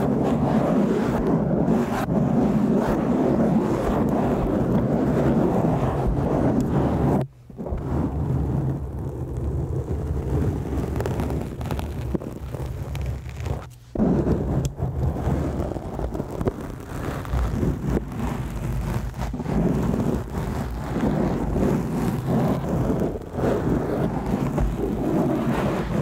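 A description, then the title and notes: Muffled scratching on a head, a dense rustling rumble that runs almost without pause and sits mostly low. The scratching cuts out briefly twice, near 7 and 14 seconds, then resumes with a slightly different, softer, darker texture. ASMR Head Scratchies! Different Mic Covers.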